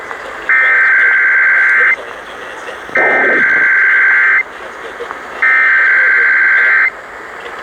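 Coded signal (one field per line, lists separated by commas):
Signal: Emergency Alert System (SAME) tones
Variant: header bursts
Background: speech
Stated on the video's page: Monthly EAS tests.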